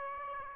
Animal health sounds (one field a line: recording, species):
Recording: mosquito wingbeat signal from an infrared sensor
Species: Aedes aegypti